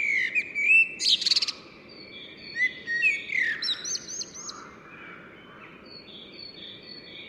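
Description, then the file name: Common blackbird fluting phrase rising into a harsh, high squeaky burst, then a second warble with buzzy high notes, later thin high whistles, against low hum. "Turdus merula"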